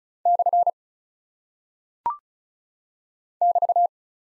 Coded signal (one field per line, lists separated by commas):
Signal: Morse code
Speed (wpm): 36 wpm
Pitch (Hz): 700 Hz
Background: none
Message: / <BT>